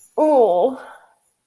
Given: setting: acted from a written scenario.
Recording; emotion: vocal sound without words; disgust